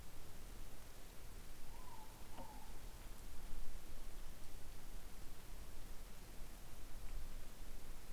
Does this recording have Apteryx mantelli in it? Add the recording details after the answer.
no. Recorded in New Zealand on 25 November 2015. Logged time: 01:28. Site CH66